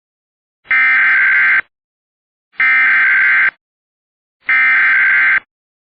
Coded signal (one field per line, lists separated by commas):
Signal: Emergency Alert System (SAME) tones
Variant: header bursts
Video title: EAS 163-165 - More EAS Alerts from the Repository